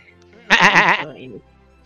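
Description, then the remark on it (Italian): A goat lets out a single loud, wavering bleat lasting about half a second, its vibrato clearly audible before it trails off into a softer tail. “Posso accarezzare la capra?”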